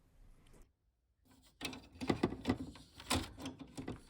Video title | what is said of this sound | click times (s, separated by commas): How to Setup Canon PIXMA TR4720 Printer For the First Time +Connect to PC & Scan | sometimes you need to apply just a bit more pressure use your thumb until it clicks | 3.1 s